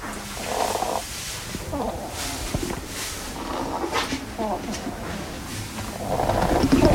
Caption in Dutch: Hij ook een beetje een reuteltje heeft. Lijkt net alsof hij aan het snurken is. Eigenlijk. Dat lijkt zo, maar hij is niet aan het snurken. Dus deze egel heeft longwormen. En die krijgen ze bijvoorbeeld door als ze te veel slakken eten. En die longwormen die wonen in de longen en die eten eigenlijk de longen op. Dus gaan de longen kapot en dan krijg je zo'n rare geluidje.